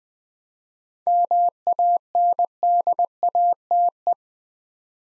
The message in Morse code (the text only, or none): MANDATE